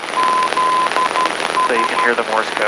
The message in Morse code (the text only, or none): ZS